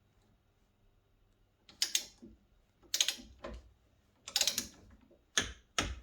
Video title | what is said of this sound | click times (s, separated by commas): Yamaha RD/RZ Restore Part 21 - Assembly of the forks and measure oil Pt3 | There you go. You just heard it click. | 5.4 s